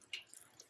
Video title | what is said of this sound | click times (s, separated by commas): TieDye 7 methods | make sure to hear the click before you put them away because | 0.1 s